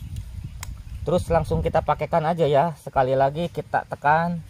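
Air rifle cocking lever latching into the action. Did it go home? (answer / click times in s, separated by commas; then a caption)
no / none. An air rifle's cocking lever is pressed again toward latching into the action while someone talks, with two brief sharp transients near 0.2 s and 0.6 s before the speech. Nothing has seated or clicked into the ready position yet.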